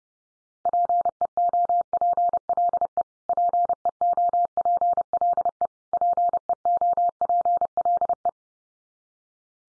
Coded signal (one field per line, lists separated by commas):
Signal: Morse code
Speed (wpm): 28 wpm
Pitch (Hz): 700 Hz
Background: none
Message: PEOPLE PEOPLE PEOPLE